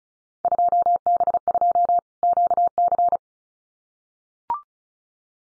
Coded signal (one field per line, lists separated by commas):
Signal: Morse code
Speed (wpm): 34 wpm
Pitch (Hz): 700 Hz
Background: none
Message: 2B2 QC